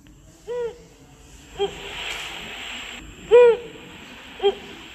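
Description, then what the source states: Cape eagle-owl hooting in two pairs: each a deep longer hoot followed about a second later by a shorter one. Played from a sound-reader book.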